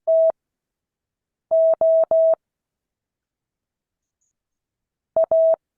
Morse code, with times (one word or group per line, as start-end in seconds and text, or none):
0.1-2.3 TO
5.2-5.5 A